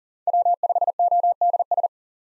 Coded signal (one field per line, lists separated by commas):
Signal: Morse code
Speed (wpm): 37 wpm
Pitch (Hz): 700 Hz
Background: none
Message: W5ODS